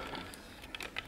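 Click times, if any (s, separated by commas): 0.8 s, 1.0 s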